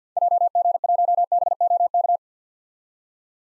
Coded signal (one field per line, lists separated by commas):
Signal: Morse code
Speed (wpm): 50 wpm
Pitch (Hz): 700 Hz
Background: none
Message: JG1BOK